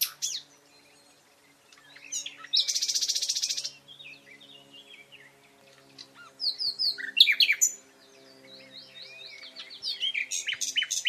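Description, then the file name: Common nightingale song: a loud rapid buzzing trill, then a series of whistled notes, sharp notes and repeated chirps. "Luscinia megarhynchos"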